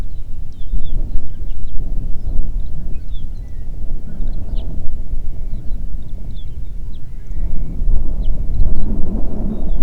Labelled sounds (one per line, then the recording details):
songbird
wind
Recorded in the Prudhoe Bay oil fields, Alaska, on 8 June 2019 at 04:38
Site 30